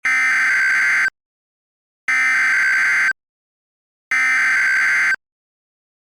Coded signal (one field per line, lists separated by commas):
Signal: Emergency Alert System (SAME) tones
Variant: header bursts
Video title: Miku EAS Scenario